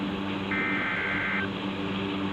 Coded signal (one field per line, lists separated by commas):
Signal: Emergency Alert System (SAME) tones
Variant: header bursts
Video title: 10-21-2019 12.18am wxl46 eas severe thunderstorm warning Barry, east McDonald, north Stone